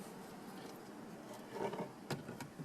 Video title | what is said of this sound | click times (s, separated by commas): 4" to 8" Upgrade w/ SYNC 2 - 2013 - 2016 Ford Fusion | the clip facing up on the back of the module till it clicks then | 2.1 s